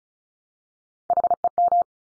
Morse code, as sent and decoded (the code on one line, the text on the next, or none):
.... . --
HEM